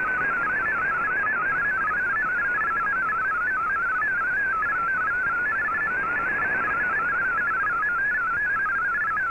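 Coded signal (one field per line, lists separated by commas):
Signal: multi-tone FSK (Olivia or MFSK type)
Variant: MFSK32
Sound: rapid warbling melody of stepping tones over steady shortwave hiss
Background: radio static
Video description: Here is my decode of the Shortwave Radiogram broadcast today on 15770Khz shortwave radio at 1300UTC in MFSK32 and 64 and with 9 SSTV images.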